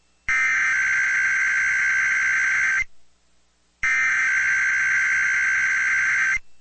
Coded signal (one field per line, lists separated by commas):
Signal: Emergency Alert System (SAME) tones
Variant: header bursts